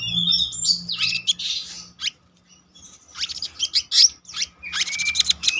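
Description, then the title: Selendang biru song in bursts of sharp high chirps and trills, broken by a short pause, over a faint low hum. Gacor ngeroll: continuous, rolling song, with isian, song fill-in phrases. "BURUNG SELENDANG BIRU GACOR NGEROLL ISIAN"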